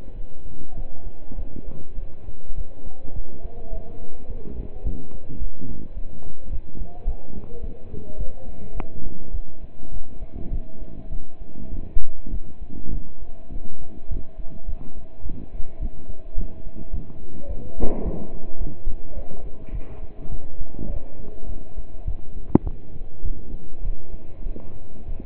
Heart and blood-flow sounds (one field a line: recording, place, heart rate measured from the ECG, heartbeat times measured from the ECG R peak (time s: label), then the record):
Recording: heart sounds by stethoscope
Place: between the tricuspid and mitral areas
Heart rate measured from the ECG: 104 bpm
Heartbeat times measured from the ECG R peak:
0.16 s: heartbeat
0.77 s: heartbeat
1.38 s: heartbeat
1.98 s: heartbeat
2.57 s: heartbeat
3.15 s: heartbeat
3.73 s: heartbeat
4.29 s: heartbeat
4.85 s: heartbeat
5.41 s: heartbeat
5.97 s: heartbeat
6.52 s: heartbeat
7.07 s: heartbeat
7.63 s: heartbeat
8.19 s: heartbeat
8.76 s: heartbeat
9.34 s: heartbeat
9.93 s: heartbeat
10.52 s: heartbeat
11.12 s: heartbeat
11.73 s: heartbeat
12.33 s: heartbeat
12.93 s: heartbeat
13.52 s: heartbeat
14.11 s: heartbeat
14.68 s: heartbeat
15.25 s: heartbeat
15.81 s: heartbeat
16.37 s: heartbeat
16.93 s: heartbeat
17.49 s: heartbeat
18.05 s: heartbeat
18.60 s: heartbeat
19.17 s: heartbeat
19.73 s: heartbeat
20.31 s: heartbeat
20.89 s: heartbeat
21.48 s: heartbeat
22.07 s: heartbeat
22.65 s: heartbeat
23.24 s: heartbeat
23.85 s: heartbeat
24.46 s: heartbeat
25.07 s: heartbeat
From the record:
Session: pedaling a stationary bicycle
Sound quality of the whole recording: partially saturated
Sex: male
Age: 27 years